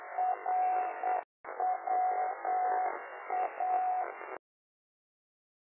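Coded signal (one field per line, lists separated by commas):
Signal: Morse code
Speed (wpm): 8 wpm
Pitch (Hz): 740 Hz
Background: none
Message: R WA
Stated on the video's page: Morse heard on a local repeater, apparently its ident.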